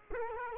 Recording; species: mosquito wingbeat signal from an infrared sensor; Culex quinquefasciatus